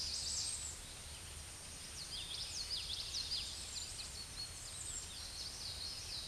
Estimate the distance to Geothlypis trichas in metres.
about 20 m